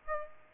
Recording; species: mosquito wingbeat signal from an infrared sensor; Aedes aegypti